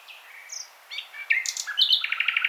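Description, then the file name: Common nightingale song phrase building from soft thin whistles to loud varied notes and a fast rhythmic stuttering run of repeated chips. "Luscinia megarhynchos"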